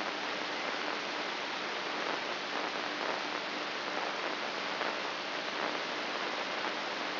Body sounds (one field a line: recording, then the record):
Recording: brain microelectrode recording played as sound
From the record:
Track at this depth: outside the subthalamic nucleus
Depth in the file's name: 3.044 mm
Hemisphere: left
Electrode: 3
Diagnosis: Parkinson's disease